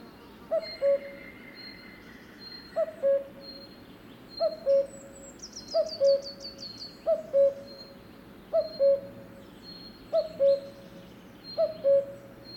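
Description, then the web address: Cuckoo calling a low two-note cu-coo, repeated several times, with thin high chirps and a brief fast trill from other birds. "2020 04 30-minutes-of-cuckoos"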